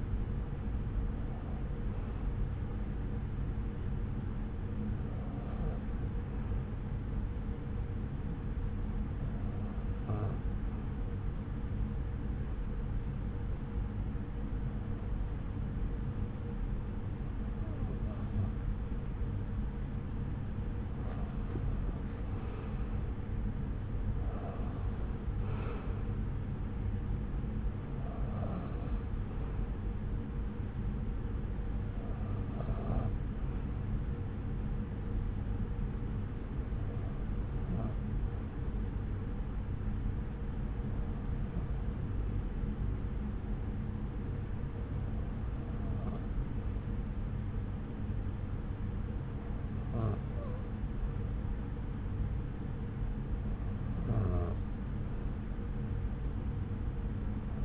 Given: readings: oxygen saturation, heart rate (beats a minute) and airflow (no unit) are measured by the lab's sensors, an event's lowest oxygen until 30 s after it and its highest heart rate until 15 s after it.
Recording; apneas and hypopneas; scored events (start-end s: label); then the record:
breathing in sleep by a smartphone at the bedside; 1
4.00-23.10 s: hypopnea (N1, oxygen 95% highest, then 93% lowest, heart rate 68 at the start, 76 highest)
36.00-57.65 s: new sleep stage, N2 (light sleep)
From the record:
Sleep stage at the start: N1 (lightest sleep); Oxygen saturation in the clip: 93 to 96%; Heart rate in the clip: 67 to 76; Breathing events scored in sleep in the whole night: 303 in 8.1 hours asleep